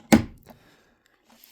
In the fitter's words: And you heard that snap into place.